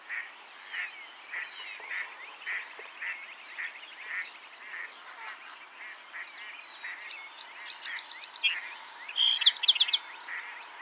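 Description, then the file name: Song sparrow song: a burst of sharp introductory notes, a rapid trill and a buzzy phrase near the end, over a steady background chorus of rhythmic chattering calls. "Melospiza melodia - Song Sparrow"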